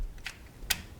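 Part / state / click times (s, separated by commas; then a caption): ink pad into self-inking stamp / seated / 0.7 s. A purple ink pad is slid into the holder of an older-model self-inking professional stamp. Faint ticks of the pad sliding in at about 0.2 and 0.3 s lead to one sharp, loud snap at 0.7 s. The pad is seated.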